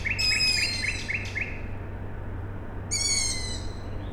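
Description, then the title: Owl: a rapid series of short notes at the start, then a shrill, falling owl chick cry near the end, against a continuous low hum. Owl chicks calling at night on 21 May 2019 in Siemianowice Śląskie, Poland; industrial plant in background; recorded with Zoom H5 and Audio-Technica BP4025. "Siemianowice Śląskie, Polska - Owl chicks"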